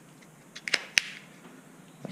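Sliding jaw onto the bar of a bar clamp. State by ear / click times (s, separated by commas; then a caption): seated / 1.0 s. The sliding jaw of a Jorgensen bar clamp (12-inch and 6-inch) is reversed on its bar to turn it into an expanding spreader clamp, with a few light clicks around 0.7 s as it slides into position. At 1.0 s the jaw snaps sharply into its locked position, seated.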